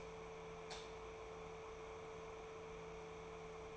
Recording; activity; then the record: daily activity, microphone in the room; light on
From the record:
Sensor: 1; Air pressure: 1014.6 hPa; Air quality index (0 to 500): 178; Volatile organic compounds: 15 ppm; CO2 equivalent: 2518 ppm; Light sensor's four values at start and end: 14/34/14/16 and 17/48/19/21